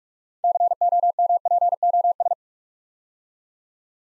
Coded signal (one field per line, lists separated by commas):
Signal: Morse code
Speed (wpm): 44 wpm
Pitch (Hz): 700 Hz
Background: none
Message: COMPOS